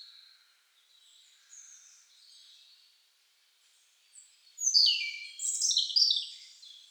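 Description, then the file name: European robin song: faint high wavering notes at first, then a louder burst of rapid, jumbled high twittering and trills toward the end. "Erithacus rubecula"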